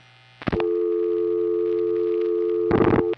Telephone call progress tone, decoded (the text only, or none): dial tone